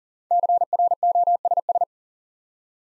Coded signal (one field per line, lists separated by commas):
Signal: Morse code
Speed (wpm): 40 wpm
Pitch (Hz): 700 Hz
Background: none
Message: CROSS